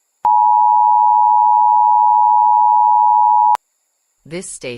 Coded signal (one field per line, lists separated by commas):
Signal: Emergency Alert System (SAME) tones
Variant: 853 and 960 Hz attention tone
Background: speech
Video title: (OLD) CNN Emergency Broadcast 1983 EAS Scenario